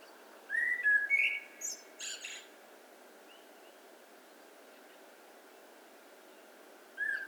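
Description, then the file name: Eurasian blackbird singing one fluted whistled phrase with a squeaky high ending, then a long quiet spell before a new whistle begins. "Turdus merula"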